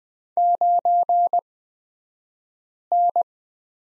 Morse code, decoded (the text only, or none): 9N